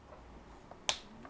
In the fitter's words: plug it in and you'll hear the click so that's the actual device so